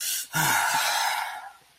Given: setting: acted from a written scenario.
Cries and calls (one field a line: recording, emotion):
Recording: vocal sound without words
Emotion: anger